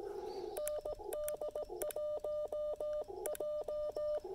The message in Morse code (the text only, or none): ND1J